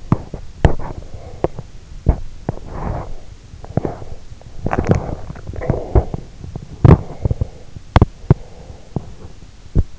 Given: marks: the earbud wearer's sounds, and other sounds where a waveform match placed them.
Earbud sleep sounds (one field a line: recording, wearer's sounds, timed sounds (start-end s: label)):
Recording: sounds in sleep by an in-ear microphone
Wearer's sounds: body movement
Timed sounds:
0.00-9.99 s: body movement